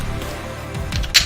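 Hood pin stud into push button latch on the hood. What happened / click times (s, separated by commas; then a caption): The spring latch snapped shut and engaged / 1.2 s. A hood pin stud on a classic or late-model Mustang hood is pushed down into a push-button hood pin latch while faint music plays underneath. A sharp snap sounds at 1.2 s as the button moves from recessed to flush with the plate, and the latch is seated and engaged.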